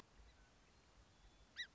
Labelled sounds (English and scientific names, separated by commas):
Song Sparrow (Melospiza melodia)